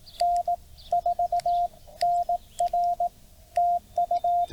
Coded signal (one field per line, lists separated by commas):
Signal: Morse code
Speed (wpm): 18 wpm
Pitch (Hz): 690 Hz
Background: none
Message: N4NR TU